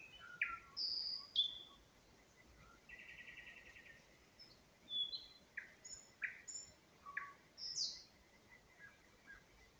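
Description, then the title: Nightingale song: sharp whistles and slurs, a rapid buzzy trill in the middle, then separate down-slurred notes. Singing in spring near Huncha, Vinnytsia Oblast, Ukraine. "Unnamed Road, Гунча, Вінницька область, Україна, 23724-Spring, nightingale singing"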